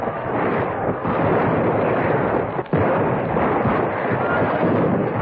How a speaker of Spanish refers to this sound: Detrás, a 300 metros, se oían los gritos de los aliados, quienes, suponiendo que los disparos de fusilería indicaban que Carchina había cumplido su tarea, atacaban.